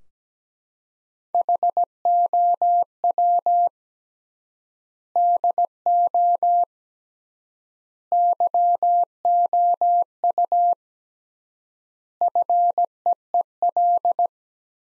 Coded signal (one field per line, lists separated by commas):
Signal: Morse code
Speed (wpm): 17 wpm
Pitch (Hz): 700 Hz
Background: none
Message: HOW DO YOU FEEL